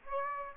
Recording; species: mosquito wingbeat signal from an infrared sensor; Aedes aegypti